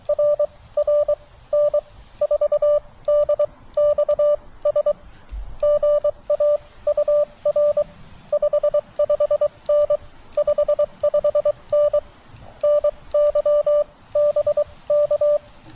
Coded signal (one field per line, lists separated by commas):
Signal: Morse code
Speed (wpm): 22 wpm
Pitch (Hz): 590 Hz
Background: none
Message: RR N4DXS GA UR 55N 55N NY BK